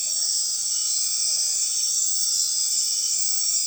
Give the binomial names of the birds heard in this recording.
none